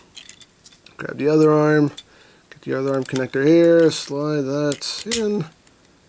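A plastic arm connector is handled and slid toward the second arm of a combiner robot figure while someone talks. Light handling ticks come through between phrases, but the connector has not seated or clicked yet.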